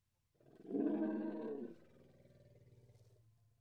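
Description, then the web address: Indian elephant giving a single growling roar that drops into a softer, pulsing tail. Two Indian elephants, countryside of India, Pakistan or Nepal. "BBC Sound Effects Library. India Pakistan Nepal. Two Indian Elephants"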